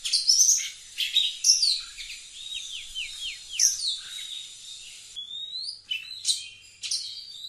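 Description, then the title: Oriental magpie-robin song with loud sharp notes, a series of descending whistled slurs and a longer whistle. Singing actively (gacor). "Kacer Gacor"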